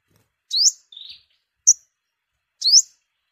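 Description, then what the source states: Sunbird giving a few thin, high chips that sweep upward, with a short lower buzzy note between them. Vietnamese name: hút mật 5 màu, the five-colour sunbird.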